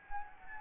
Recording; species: mosquito wingbeat signal from an infrared sensor; Anopheles arabiensis